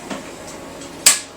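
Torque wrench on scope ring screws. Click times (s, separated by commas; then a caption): 1.1 s. A torque wrench set to 20 inch-pounds tightens scope ring screws in a cross pattern. After faint low scraping, a sharp bright click at 1.1 s shows the set torque has been reached.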